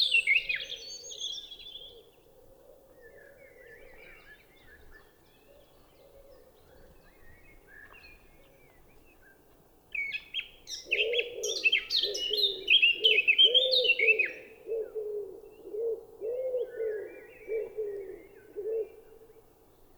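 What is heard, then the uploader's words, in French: A Eurasian blackcap sings bright, warbling phrases, a short burst at the start and a longer, louder run from about ten to fifteen seconds, with fainter notes after. Behind it a wood pigeon coos steadily and low, rhythmic hoots growing stronger in the second half. Champs des Blas - Val Maravel - Nagra LB - Stéréo - omni - mkh20. Après le grand chorus du matin une Fauvette à tête noire (Sylvia atricapilla) s'individualise par son chant mélodieux. En arrière un Pigeon ramier (Columba palumbus) roucoule.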